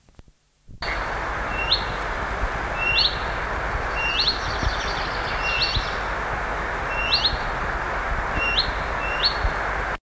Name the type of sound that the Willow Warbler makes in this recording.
alarm call